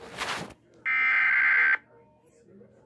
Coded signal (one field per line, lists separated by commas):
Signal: Emergency Alert System (SAME) tones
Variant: header bursts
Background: speech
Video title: PDS TORNADO WARNING!!!! EAS 20